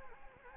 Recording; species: mosquito wingbeat signal from an infrared sensor; Anopheles gambiae